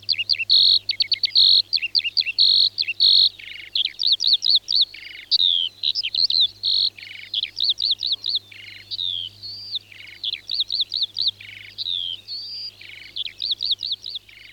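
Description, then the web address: Eurasian skylark pouring out a long, varied song of high twittering phrases, buzzy trills and repeated chirps, with a faint low hum in the background. "Alauda arvensis. ns svatomartinska alej"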